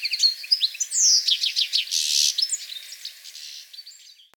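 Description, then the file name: European goldfinch calls, a quick series of bright chirps and a sweeping whistled note, then a brief buzzy burst before fading out near the end. "Carduelis carduelis"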